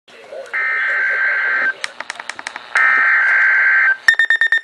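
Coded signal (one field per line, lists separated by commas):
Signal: Emergency Alert System (SAME) tones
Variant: header bursts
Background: speech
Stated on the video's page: Real EAS severe thunderstorm warnings from the NWS Mount Holly office, recorded from a Midland WR-100 and Eton ZoneGuard weather radios.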